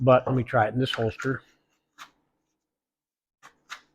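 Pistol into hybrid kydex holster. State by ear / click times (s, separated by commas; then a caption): not seated / none. Someone talks, then a Stoeger STR-9 pistol is pushed into a second Crossbreed hybrid holster, giving a few faint soft rubbing taps around 2.0, 3.4 and 3.7 seconds. The pistol goes in but does not click, just like in the first holster. The holster's Kydex needs heat reforming to give a positive retention click.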